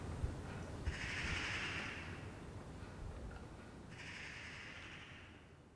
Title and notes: Saint-Gilles, Belgique - Magpies. Dimanche matin sur le balcon. Des pies jacassent dans un arbre. Sunday morning on the balcony. Magpies chattering in a tree